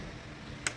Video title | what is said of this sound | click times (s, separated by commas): Disassembly and assembly System Unit | Ayun, narinig nyo guys. Kapag nag-lock na ng ganon, kapag nag-lock at | 0.7 s